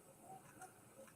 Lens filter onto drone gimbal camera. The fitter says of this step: And just kind of snap that in.